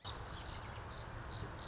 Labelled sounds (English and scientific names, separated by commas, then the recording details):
Song Sparrow (Melospiza melodia)
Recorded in Sonoma County, California